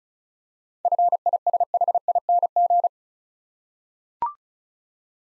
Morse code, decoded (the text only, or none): FISHING